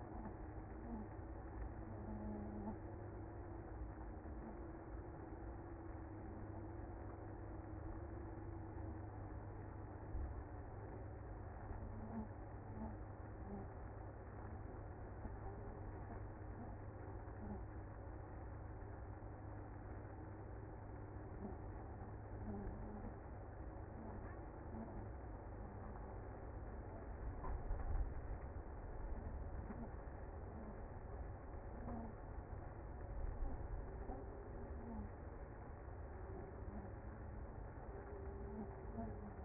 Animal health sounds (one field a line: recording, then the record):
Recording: honeybee colony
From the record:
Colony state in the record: active